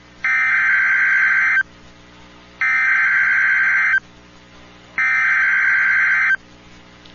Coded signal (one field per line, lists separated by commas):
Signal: Emergency Alert System (SAME) tones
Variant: header bursts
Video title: EAS Severe Thunderstorm Warning IWX 2023-04-05 1002EDT - St. Joseph, Fulton, Pulaski, Starke